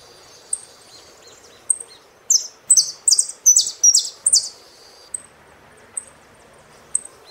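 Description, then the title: Saffron finch song: a loud phrase of harsh buzzy notes in rapid succession, framed by sparse thin high chips. "Jilguero Argentino"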